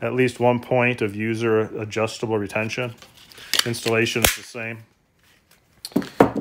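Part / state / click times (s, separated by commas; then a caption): trigger guard holster onto a pistol's trigger guard / seated / 6.2 s. Someone talks, then a second version of a polymer trigger-guard holster for the Glock 48 and Glock 43 is pushed from the bottom up onto a pistol's trigger guard. A few small clicks and knocks lead to a sharp snap at 6.2 s, when the holster seats on the trigger guard.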